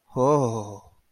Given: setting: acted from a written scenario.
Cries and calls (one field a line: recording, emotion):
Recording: vocal sound without words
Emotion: awe